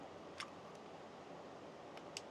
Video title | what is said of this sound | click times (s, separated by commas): Ultra Quiet, Ultra Efficient: Installing the COUNTRYMOD PRO AC in My Rig | Snaps into place. | 2.2 s